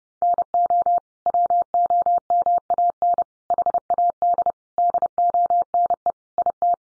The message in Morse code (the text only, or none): NO WOMAN HAD DONE IT